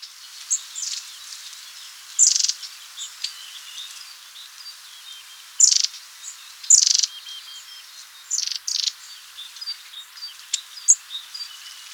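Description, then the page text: Long-tailed tit calls: thin, very high notes and short rippling bursts, scattered irregularly with clusters near two, six, seven and eight and a half seconds, over faint high hiss. "Long-Tailed Tit Calls. Quick Sounds"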